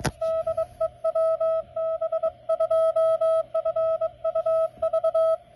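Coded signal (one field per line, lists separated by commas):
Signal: Morse code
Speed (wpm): 22 wpm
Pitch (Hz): 650 Hz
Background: none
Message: DE WB2FUV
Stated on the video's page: HF contacts on a Xiegu 6100 through an MFJ 9234 mini loop tuner with a twenty-foot wire wrapped around a living-room window, indoors in adverse conditions.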